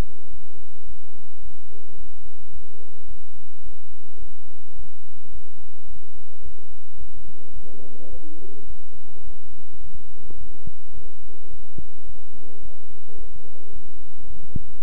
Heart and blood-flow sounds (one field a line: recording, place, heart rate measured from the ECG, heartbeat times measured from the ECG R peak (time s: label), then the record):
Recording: heart sounds by stethoscope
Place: between the tricuspid and mitral areas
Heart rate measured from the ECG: 108 bpm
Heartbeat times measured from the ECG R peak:
0.31 s: heartbeat
0.86 s: heartbeat
1.42 s: heartbeat
1.97 s: heartbeat
2.53 s: heartbeat
3.08 s: heartbeat
3.63 s: heartbeat
4.19 s: heartbeat
4.76 s: heartbeat
5.32 s: heartbeat
5.87 s: heartbeat
6.42 s: heartbeat
6.98 s: heartbeat
7.53 s: heartbeat
8.10 s: heartbeat
8.67 s: heartbeat
9.24 s: heartbeat
9.81 s: heartbeat
10.37 s: heartbeat
10.94 s: heartbeat
11.50 s: heartbeat
12.06 s: heartbeat
12.62 s: heartbeat
13.18 s: heartbeat
13.73 s: heartbeat
14.27 s: heartbeat
14.81 s: heartbeat
From the record:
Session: bicycle stress test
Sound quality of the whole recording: good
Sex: male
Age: 23 years